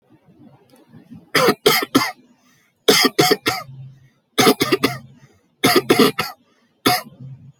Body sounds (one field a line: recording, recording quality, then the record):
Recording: shallow voluntary cough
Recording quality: excellent, no background noise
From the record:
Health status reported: healthy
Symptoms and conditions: none ticked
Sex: male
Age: 50 years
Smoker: not ticked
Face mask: not worn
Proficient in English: yes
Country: India